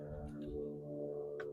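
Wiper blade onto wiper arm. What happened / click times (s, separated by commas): The wiper blade is being worked along the arm but has not yet clicked home / none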